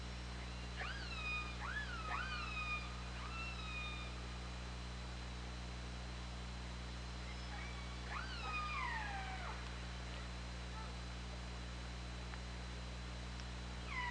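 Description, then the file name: Killer whale calls: three quick upswept harmonic cries about a second apart, a quiet gap, then a cluster of falling calls, over a steady low hum. Recorded on the OrcaLab hydrophone, 24 August 2017, at 20:23. "Orca Lab UTLN JASON 20170824"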